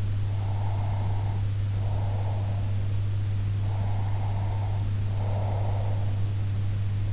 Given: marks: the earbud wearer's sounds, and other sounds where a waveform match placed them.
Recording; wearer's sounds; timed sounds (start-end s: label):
sounds in sleep by an in-ear microphone; breath
0.23-2.74 s: breath
3.69-6.20 s: breath